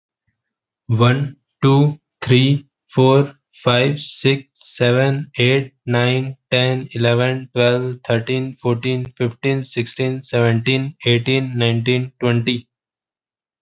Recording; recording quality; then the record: counting at a normal pace; excellent, no background noise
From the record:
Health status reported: healthy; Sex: male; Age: 21 years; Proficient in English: no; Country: India